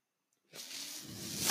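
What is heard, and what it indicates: Half a second of silence, then a steady airy hiss of rushing air that grows louder toward the end, with no voice. It is the airflow noise of a mechanical ventilator delivering a breath.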